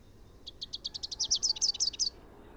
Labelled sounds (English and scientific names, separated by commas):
Rufous-capped Warbler (Basileuterus rufifrons) song